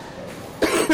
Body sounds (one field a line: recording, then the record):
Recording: coughing mixed with background sound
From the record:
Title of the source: 31 night wet cough